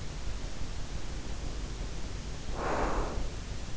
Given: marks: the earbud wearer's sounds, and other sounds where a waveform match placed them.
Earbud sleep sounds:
sounds in sleep by an in-ear microphone; breath
0.89-3.59 s: breath

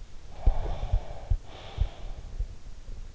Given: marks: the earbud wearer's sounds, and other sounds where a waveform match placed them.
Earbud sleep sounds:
sounds in sleep by an in-ear microphone; breath
0.45-3.08 s: breath

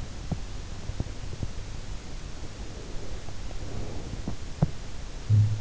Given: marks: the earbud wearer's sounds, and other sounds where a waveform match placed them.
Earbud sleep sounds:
sounds in sleep by an in-ear microphone; breath
2.23-4.09 s: breath
4.38-5.55 s: sound from someone else or the room

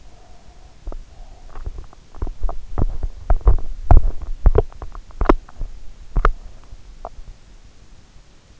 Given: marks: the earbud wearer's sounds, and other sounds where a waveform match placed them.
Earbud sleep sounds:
sounds in sleep by an in-ear microphone; breath, teeth grinding
0.00-1.64 s: breath
1.64-6.68 s: teeth grinding

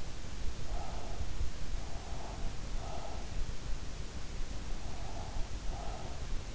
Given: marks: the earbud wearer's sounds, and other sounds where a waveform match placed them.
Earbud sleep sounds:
sounds in sleep by an in-ear microphone; breath
0.45-1.39 s: breath
1.75-3.59 s: breath
4.65-6.47 s: breath

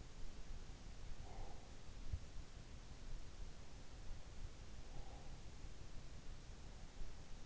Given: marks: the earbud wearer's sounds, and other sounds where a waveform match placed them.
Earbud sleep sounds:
sounds in sleep by an in-ear microphone; breath
1.06-2.22 s: breath
4.58-5.94 s: breath

